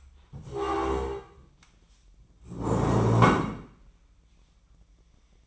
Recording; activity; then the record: daily activity, microphone in the room; stand up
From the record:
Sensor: 1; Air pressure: 1012.3 hPa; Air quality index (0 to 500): 174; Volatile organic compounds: 3 ppm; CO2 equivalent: 1430 ppm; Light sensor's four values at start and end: 44/120/49/59 and 45/121/49/60